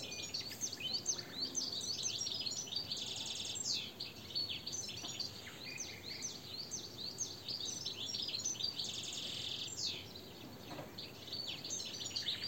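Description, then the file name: European goldfinch chattering almost without break, fast tinkling notes and short buzzy trills running throughout, over faint hiss. "Carduelis carduelis"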